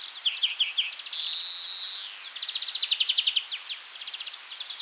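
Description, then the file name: European greenfinch singing: rapid high twittering trills, then a long drawn-out buzzy wheeze of about a second, followed by more quick repeated trilled notes. "Chloris chloris"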